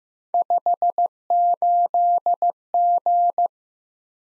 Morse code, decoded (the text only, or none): 58G